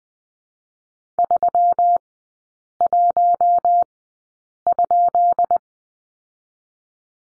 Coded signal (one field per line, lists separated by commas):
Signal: Morse code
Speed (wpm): 21 wpm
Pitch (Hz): 700 Hz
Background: none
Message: 31?